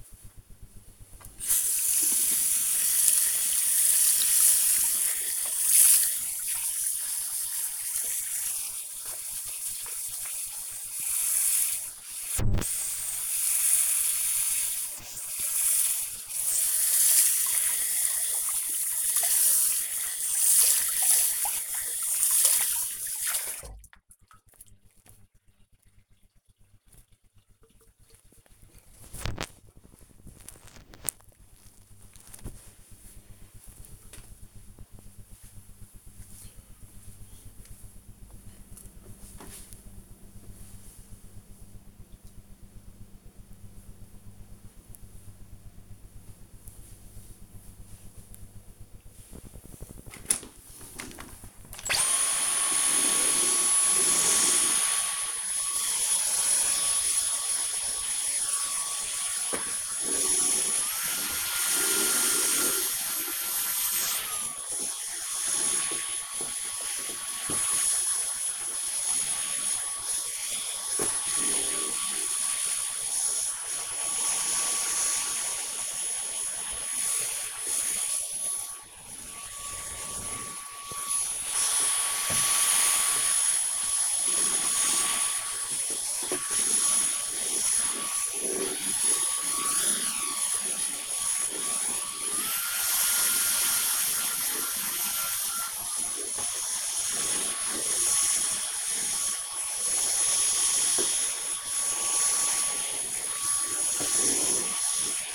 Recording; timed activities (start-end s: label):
household activities, microphone on the right wrist
0.27-24.42 s: washing hands
50.59-105.35 s: vacuum cleaning